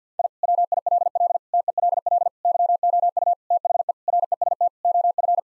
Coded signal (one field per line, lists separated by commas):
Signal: Morse code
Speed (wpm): 50 wpm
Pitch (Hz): 700 Hz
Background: none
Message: I WILL TELL YOU THE REST OF